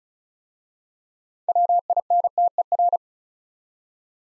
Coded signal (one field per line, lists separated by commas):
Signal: Morse code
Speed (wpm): 34 wpm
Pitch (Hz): 700 Hz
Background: none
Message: WINTER